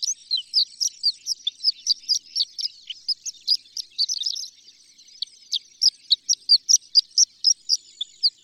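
Horned lark song: quick, high tinkling notes at a steady pace, broken by a short pause midway before the bright chips resume.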